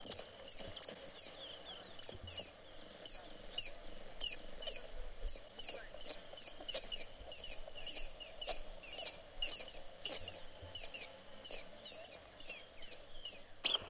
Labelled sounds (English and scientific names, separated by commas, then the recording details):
Gray-headed Social-weaver (Pseudonigrita arnaudi)
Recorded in northern Uganda